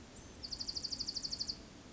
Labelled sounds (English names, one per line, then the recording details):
Dark-eyed Junco
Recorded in Sonoma County, California